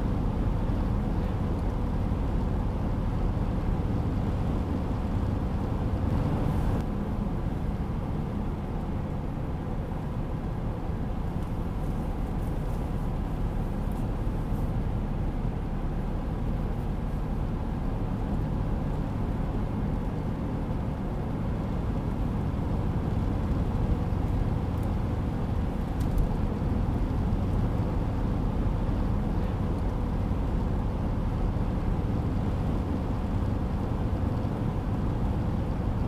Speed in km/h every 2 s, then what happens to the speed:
81, 83, 84, 84, 85, 86, 86, 86, 87, 87, 87, 91, 93, 94, 94, 94, 94, 94.
0-36 speeds up to 94.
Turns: none.